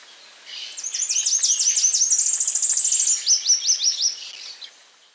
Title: LuckyPassaro Completos2Sama. Tropical Parula (Setophaga pitiayumi)